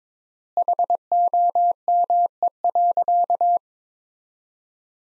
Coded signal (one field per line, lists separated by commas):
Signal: Morse code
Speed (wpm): 22 wpm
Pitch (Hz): 700 Hz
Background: none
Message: HOME.